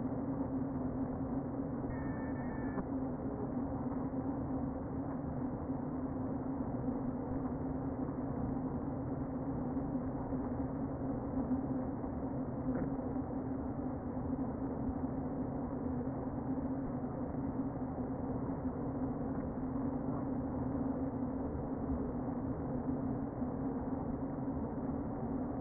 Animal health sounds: honeybee colony, microphone inside the hive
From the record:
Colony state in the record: queen present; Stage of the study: before two queens were removed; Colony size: about 60,000 bees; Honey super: yes

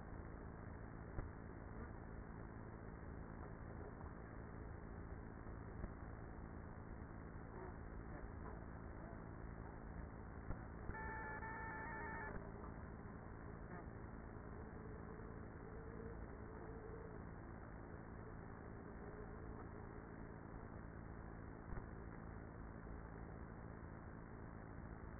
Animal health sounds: honeybee colony, microphone inside the hive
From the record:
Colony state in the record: queenless with a low population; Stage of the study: after two queens were removed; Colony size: about 30,000 bees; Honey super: no

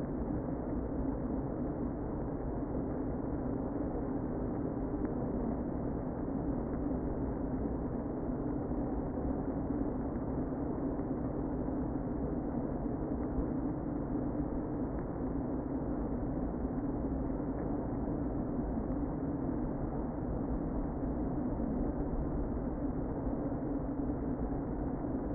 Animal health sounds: honeybee colony, microphone inside the hive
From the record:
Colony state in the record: queen present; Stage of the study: before two queens were removed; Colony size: about 60,000 bees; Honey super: yes

